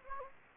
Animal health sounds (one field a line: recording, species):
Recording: mosquito wingbeat signal from an infrared sensor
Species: Anopheles gambiae